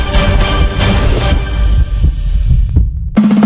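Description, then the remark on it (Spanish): A heartbeat sound effect thumps low and steady beneath a dense, wash of sound, which drops away near the end before a sustained buzzing tone cuts in. “Marca en tu lista de canales de radio el canal 106 y descubre la Radio del Sur, porque en tu TV satelital también suena los latidos de la patria grande.”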